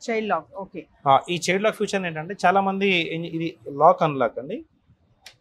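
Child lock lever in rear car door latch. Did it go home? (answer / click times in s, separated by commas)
yes / 5.3 s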